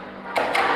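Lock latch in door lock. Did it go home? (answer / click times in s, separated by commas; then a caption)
released / 0.4 s, 0.6 s. The latch of a newly fitted door lock is operated from the outside; it first seems jammed, then gives two sharp mechanical clicks at 0.4 s and 0.6 s over a low steady background. The latch releases and the lock opens.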